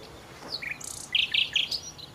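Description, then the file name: Common nightingale song: a short phrase of strong, chunky notes in quick succession with a few high chirps around them. "Nachtigall"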